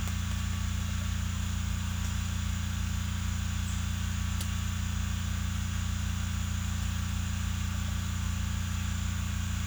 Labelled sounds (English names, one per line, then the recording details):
none
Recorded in secondary vegetation near Puerto Asís, Putumayo, Colombia, on 18 December 2024 at 08:00
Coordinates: 0.485, -76.322
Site GP08